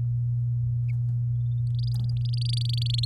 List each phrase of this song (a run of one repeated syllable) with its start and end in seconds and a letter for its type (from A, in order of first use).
1.67-3.05 A